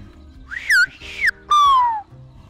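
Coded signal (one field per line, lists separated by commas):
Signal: whistled language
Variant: Silbo Gomero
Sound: three loud gliding whistles rising and falling in pitch, like whistled syllables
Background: low background hum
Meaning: The speaker gives his name as Francisco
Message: mi nombre es francisco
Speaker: por ejemplo mi nombre es francisco yo lo puedes ir hablando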